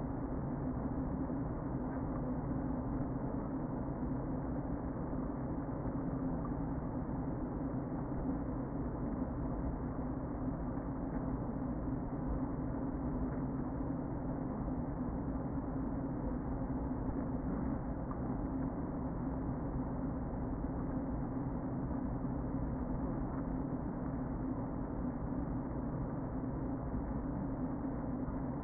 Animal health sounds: honeybee colony, microphone inside the hive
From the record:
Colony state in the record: queen present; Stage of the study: before two queens were removed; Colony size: about 60,000 bees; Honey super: yes

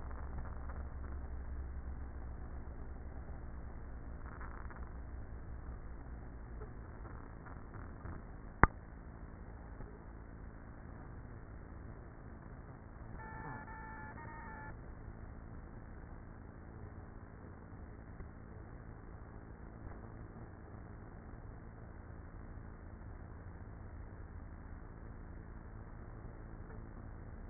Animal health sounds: honeybee colony, microphone inside the hive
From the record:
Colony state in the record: queenless with a low population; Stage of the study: after two queens were removed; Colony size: about 30,000 bees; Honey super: no

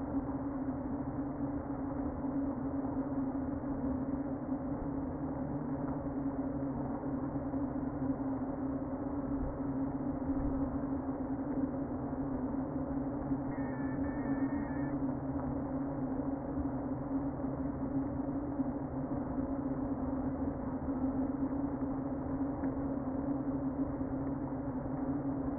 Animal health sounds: honeybee colony, microphone inside the hive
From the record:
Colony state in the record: queen present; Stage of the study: before two queens were removed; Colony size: about 60,000 bees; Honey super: yes

